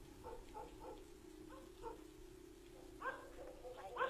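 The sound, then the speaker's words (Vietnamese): A dog named Vàng barks at its owner in short, scattered bursts, a few quick yaps followed by a pause and then a louder cluster, over a steady low droning hum. “Con chó như không quan tâm đến lời chủ, cứ thế mà sủa.”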